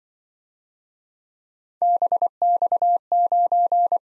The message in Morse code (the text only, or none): BX9